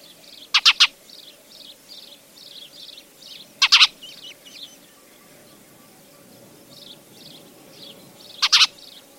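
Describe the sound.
Spanish sparrow calls, three loud clusters of rapid chirps with a busy chorus of fainter sparrow chirps between them and a low steady hum beneath.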